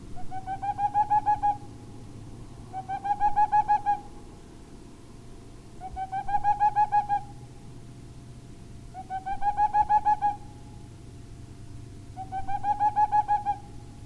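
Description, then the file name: Boreal owl hooting: five rapid runs of mellow hoots, each run climbing a little in pitch and coming about every three seconds, with faint low rumble underneath. "Parluggla"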